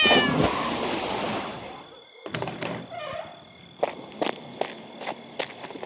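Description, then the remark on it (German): A cat that has been stepped on lets out a brief, high, wavering yowl over a rush of noisy sound, then after a pause a series of steady, thudding footsteps follows. “Du brutaler Kerl! Komm, meine Katze.”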